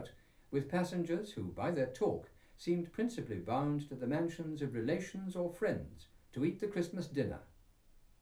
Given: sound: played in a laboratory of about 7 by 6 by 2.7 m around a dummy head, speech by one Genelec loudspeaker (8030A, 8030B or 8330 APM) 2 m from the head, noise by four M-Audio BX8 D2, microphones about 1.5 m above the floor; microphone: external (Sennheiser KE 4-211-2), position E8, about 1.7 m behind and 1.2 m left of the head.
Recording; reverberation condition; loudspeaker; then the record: male speech in English; low; 60 degrees to the left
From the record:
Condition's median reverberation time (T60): about 310 ms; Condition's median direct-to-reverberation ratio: about 3.5 dB